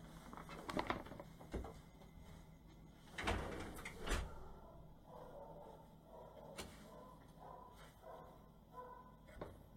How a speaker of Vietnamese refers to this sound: Đợi một chút cho đóng cửa.